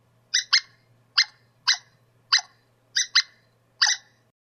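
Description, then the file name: Squirrel calls as single and paired harsh chips at short intervals, with a low hum in the background. "suara bajing. omkicau"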